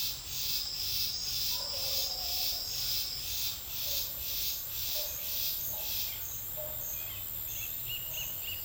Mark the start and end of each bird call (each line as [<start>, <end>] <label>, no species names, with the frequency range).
[6.90, 8.65] bird call (2.0-3.8 kHz)